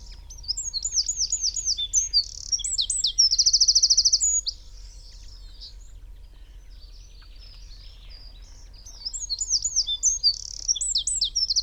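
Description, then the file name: Eurasian wren singing loud, very high, rapid bursts of sharp notes and fast trills, one burst lasting about four seconds, a pause, then another outburst near the end. "Troglodytes troglodytes"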